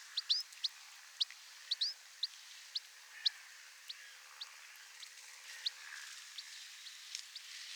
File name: Carduelis carduelis